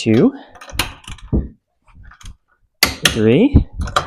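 A torque wrench tightens the third lug nut on a wheel until it clicks at its setting, and the click lands at 2.8 s. Someone talks before and after the click, with a few faint metallic taps in between.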